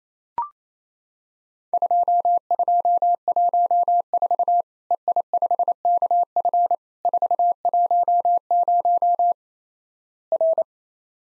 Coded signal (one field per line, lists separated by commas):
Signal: Morse code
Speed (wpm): 28 wpm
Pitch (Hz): 700 Hz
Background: none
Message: 2214 EI5KF 410 R